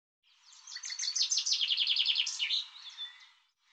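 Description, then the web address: Bird song as one continuous phrase: a rapid trill of repeated high notes that ends in a falling slur and fades softly. Recording cleaned and normalized; bird labelled 'Tu Me Tu Me'. "cianscape birddata Deverinetal 2025 File cleaned normalized Bird Tu Me Tu Me"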